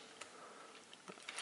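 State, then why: Seated. The legs of a plastic Transformers Generations Sandstorm Voyager Class robot figure are pressed together at the middle onto a central peg, with faint plastic ticks and knocks around 0.2, 0.9 and 1.1 seconds. A sharp click at 1.3 seconds marks the joint clipping in; it is very stiff but seats well and holds.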